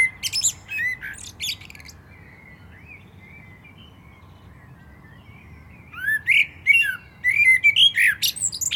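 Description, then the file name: Common blackbird song: the tail of a phrase with high squeaks, several seconds of quiet with soft singing, then a fresh fluty phrase ending in twittering. "Turdus merula"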